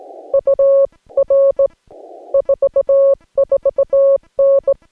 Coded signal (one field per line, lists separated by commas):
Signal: Morse code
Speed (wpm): 17 wpm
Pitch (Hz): 550 Hz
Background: none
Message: UR 44N